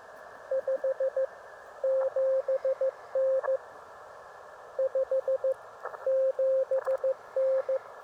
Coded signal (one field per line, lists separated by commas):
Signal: Morse code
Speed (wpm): 15 wpm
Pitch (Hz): 500 Hz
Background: radio noise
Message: 57N 57N